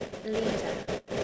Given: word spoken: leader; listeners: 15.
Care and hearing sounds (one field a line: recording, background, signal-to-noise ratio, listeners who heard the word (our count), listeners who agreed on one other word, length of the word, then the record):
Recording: one English word in noise, from a listening test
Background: noise modulated by three-talker babble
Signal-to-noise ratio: -3.4 dB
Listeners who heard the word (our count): 6 of 15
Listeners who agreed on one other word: 8 of 15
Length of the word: 0.84 s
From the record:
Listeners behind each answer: 8, 6, 1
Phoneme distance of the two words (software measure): 10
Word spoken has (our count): 2 syllables, 4 phonemes, stress on syllable 1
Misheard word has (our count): 2 syllables, 4 phonemes, stress on syllable 1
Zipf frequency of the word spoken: 5.02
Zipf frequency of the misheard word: 3.80